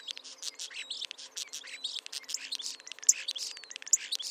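Birds chirping rapidly, with overlapping high, twittering notes and short trills packed closely together throughout.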